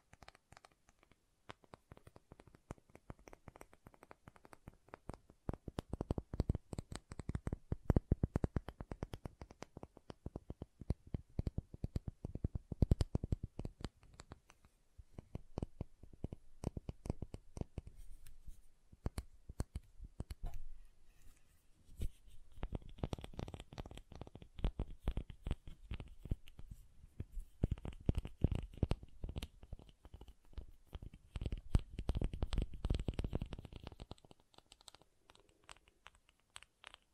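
Soft and hard soap being tapped and carved, with dense bursts of quick scraping and tapping strokes. Busy stretches run roughly 5–14 and 22–34 seconds, rising and falling in loudness, separated by quieter, sparser scratching and small taps.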